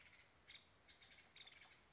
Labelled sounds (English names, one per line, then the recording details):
Nuttall's Woodpecker
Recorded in Sonoma County, California